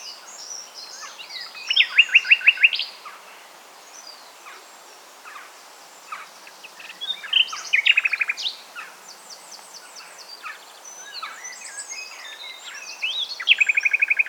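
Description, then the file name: Common nightingale song, varied phrases with rapid loud repeated mid-pitched notes, pauses between bursts, several high buzzy trills. "Luscinia megarhynchos"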